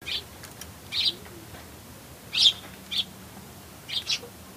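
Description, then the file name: Eurasian tree sparrow calls: bright, high chirps given singly or in quick pairs, roughly one burst per second, over a quiet background hiss. "suzume"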